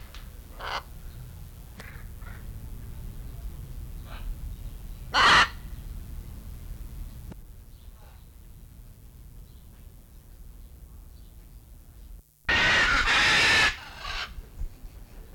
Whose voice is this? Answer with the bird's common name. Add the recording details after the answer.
Blue-and-yellow Macaw. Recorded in captivity. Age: adult. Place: Zoo Berlin, Berlin, DE. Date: 1994-08-06 11:09. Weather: wolkig bis heiter, 20-27°C. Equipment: Marantz CP 430, Sennheiser ME 80, Kopie Uher Variocord 263. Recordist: Tembrock, Günter. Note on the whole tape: 2 Tiere: Langlaute